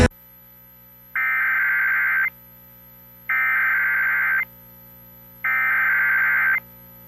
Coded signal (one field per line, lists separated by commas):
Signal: Emergency Alert System (SAME) tones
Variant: header bursts